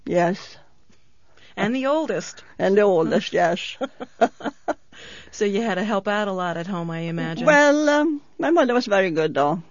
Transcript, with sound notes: Yes.
And the oldest!
And the oldest, yes! (they laugh)
So you had to help out a lot at home I imagine.
Well, my mother was very good though.